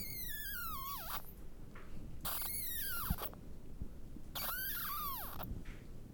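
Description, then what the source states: Bats squeaking: three harmonic squeals, each sliding downward and ending in a short dip, separated by pauses, over a low rumbling background. Bats squeaking inside a small cave.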